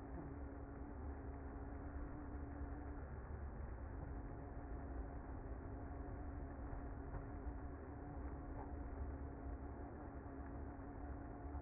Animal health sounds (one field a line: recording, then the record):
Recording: honeybee colony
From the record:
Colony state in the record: active